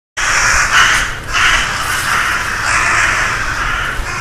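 Crow calls, coarse and grating, a run of drawn-out caws following one another closely after a sudden start, with faint low rumble beneath.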